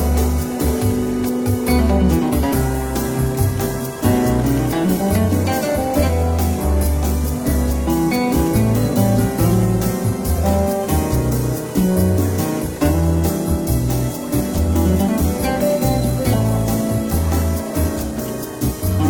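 Soft, relaxed jazz plays steadily throughout, with a round bass line stepping through low notes and warm chords held in the middle range. Light cymbal taps tick along at an even pace, and the level stays constant from start to finish.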